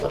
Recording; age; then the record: pig call; piglet (1 to 25 days)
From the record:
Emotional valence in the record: positive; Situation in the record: reunion after long isolation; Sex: female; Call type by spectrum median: low-frequency call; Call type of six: low-frequency tonal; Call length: 0.11 s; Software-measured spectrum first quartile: 358 Hz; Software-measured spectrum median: 520 Hz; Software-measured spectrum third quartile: 782 Hz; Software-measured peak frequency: 430 Hz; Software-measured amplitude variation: 111 dB a second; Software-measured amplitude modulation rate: 13.7 a second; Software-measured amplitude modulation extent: 8.1 dB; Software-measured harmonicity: 0.4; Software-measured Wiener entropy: -0.63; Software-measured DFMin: 822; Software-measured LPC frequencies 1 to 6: 544, 1174, 2355, 3110, 4152, 4933 Hz